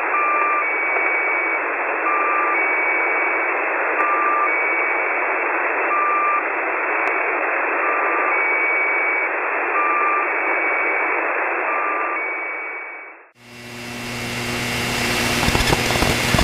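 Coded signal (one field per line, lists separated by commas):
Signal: channel marker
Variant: Squeaky Wheel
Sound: steady radio hiss with a repeating high-then-low two-tone squeak, about every two seconds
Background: radio static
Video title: The Squeaky Wheel at 3828.00 kHz via Utwente Web SDR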